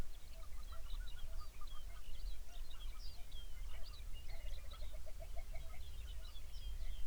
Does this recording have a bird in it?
yes